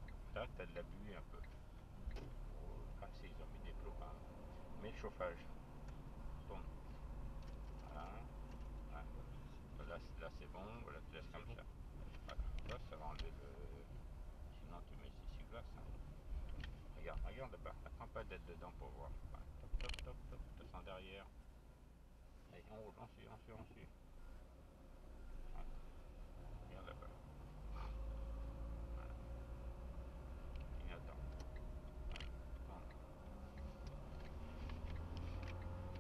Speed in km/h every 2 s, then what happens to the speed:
18, 22, 25, 25, 24, 19, 18, 16, 16, 15, 0, 1, 9, 15, 17, 16, 20, 24.
0-3 speeds up to 25. 3-9 steady at about 25. 9-11 slows to 18. 11-18 steady at about 16. 18-20 brakes to 0. 20-22 standing. 22-36 pulls away to 24.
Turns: 25-30.